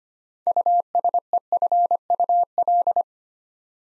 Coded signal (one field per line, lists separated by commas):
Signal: Morse code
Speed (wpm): 25 wpm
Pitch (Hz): 700 Hz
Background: none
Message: USEFUL